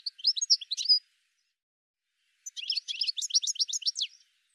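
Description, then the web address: Bird song in two bursts of high, quick chirps and twittering notes separated by a silent gap of about one and a half seconds. "cianscape birddata"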